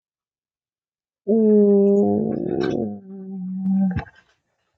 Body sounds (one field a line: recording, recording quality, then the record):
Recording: sustained vowel as in boot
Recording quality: excellent, no background noise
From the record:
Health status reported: exposed to COVID-19, no respiratory illness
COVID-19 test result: negative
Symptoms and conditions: fatigue, muscle pain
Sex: female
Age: 29 years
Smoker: not ticked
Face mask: not worn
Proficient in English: yes